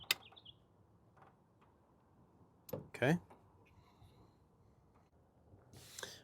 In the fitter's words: wait till it clicks